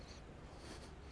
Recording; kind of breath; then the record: one breath in and out by a microphone near the nose and mouth; strong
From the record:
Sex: male